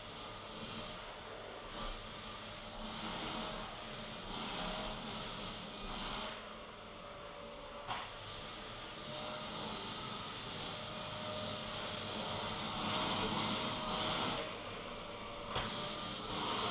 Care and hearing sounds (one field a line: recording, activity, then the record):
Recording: daily activity, microphone in the room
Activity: vacuum cleaning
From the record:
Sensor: 4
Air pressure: 1002.9 hPa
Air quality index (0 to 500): 242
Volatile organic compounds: 18 ppm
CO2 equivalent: 2631 ppm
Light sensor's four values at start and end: 5/12/4/5 and 5/11/4/4